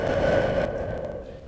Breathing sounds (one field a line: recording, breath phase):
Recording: one breath near a microphone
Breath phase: exhalation